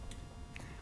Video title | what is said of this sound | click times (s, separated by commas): Fujifilm XF150-600mm lens review - in a canoe | the foot slides on and clicks into place a knurled knob tightens it | 0.6 s